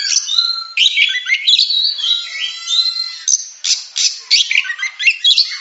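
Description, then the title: Oriental magpie-robin song starting with long sustained whistles and trills, then switching to harsh, buzzy bursts and quick chirps. Champion singing bird. "Kicau Burung Kacer Juara"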